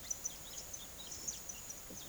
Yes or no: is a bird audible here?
yes